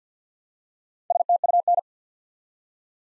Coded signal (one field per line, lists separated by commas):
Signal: Morse code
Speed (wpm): 50 wpm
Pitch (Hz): 700 Hz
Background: none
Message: STUN